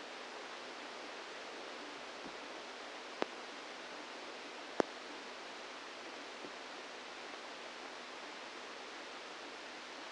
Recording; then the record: brain microelectrode recording played as sound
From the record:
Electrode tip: outside the subthalamic nucleus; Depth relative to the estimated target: 5 mm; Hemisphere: left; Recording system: NeuroSet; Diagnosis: Parkinson's disease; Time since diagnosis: 17 years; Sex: male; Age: 64 years